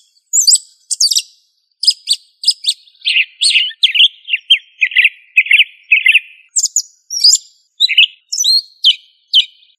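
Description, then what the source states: Thrush singing a fast series of short bursts of chattering, scratchy notes with some high buzzy trills; a descending run of rough syllables forms the middle of the song. Family Turdidae; called sabiá.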